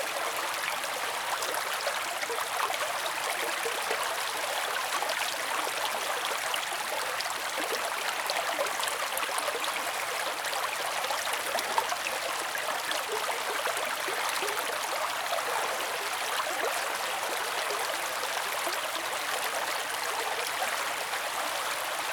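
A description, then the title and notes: A bubbly brook babbles steadily, its dense, bright rush of trickles and splashes filling the upper range without pause. Tiny gurgles and droplets flicker constantly through the flow, while the low end stays thin and quiet throughout. Bubbly Babbling Brook.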